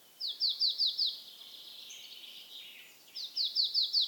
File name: Mésange nonnette